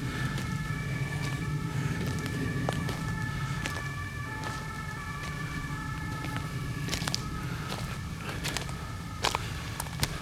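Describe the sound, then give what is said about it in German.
An emergency vehicle siren sounds as faint, steady held tones that persist throughout, under a rumbling background with intermittent footstep crunches and no talking. “Hat es wieder irgendein Motorradfahrer gelatzt. Oder so, aber das hörte sich nicht nach Feuerwehr an. Das war mehr so eine leichte Tröte.”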